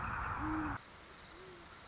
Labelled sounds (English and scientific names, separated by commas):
Great Horned Owl (Bubo virginianus)